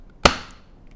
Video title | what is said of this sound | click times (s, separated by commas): iOgrapher Review | line it up and then it just snaps into place | 0.3 s